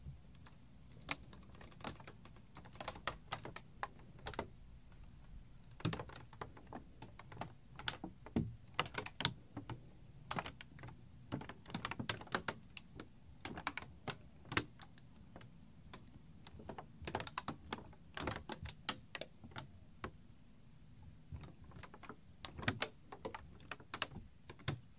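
A beaded string clicks and clacks in quick, irregular bursts of sharp, bright taps over a low steady rumble, with brief pauses between clusters.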